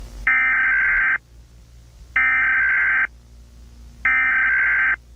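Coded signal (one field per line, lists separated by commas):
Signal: Emergency Alert System (SAME) tones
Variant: header bursts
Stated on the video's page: Fictional EAS scenario.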